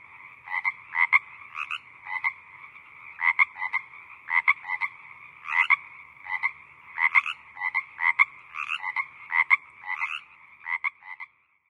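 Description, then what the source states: Frogs croaking in a small chorus, overlapping short rattling bursts in quick irregular clusters over a steady background hum of more callers. Small group of frogs croaking in the evening.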